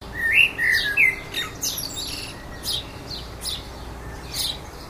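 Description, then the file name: Common blackbird giving short fluted, warbling phrases in the first second, then a run of thin, high squeaky chirps and twitters. "Turdus merula"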